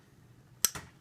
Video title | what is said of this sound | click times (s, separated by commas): Mercedes W163 DIY Valve Cover Gasket & Breather Cover Reseal Both Sides M112 M113 ML350 ML500 ML320 | snap and this last one over here snap | 0.6 s